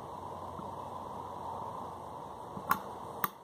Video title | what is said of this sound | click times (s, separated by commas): 79 Dodge truck headlight adjusters | it kind of click and | 2.7 s, 3.2 s